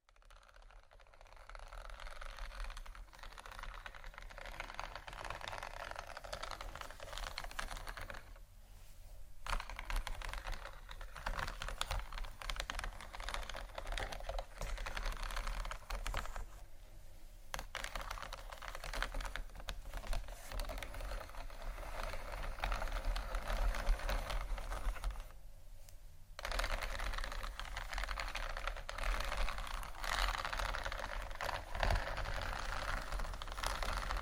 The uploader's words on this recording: ASMR For Sleep (tapping, Scratching, Scratchy Tapping) No Talking.